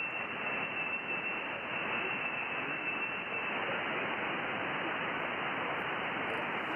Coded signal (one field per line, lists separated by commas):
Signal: FT8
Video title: Monday Afternoon HF - Calling CQ & Hunting POTA